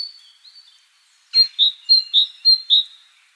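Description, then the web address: Great tit calls: a quick series of six bright, high notes alternating between two pitches, evenly spaced, preceded by faint thin notes; otherwise quiet. "SETE Parus major"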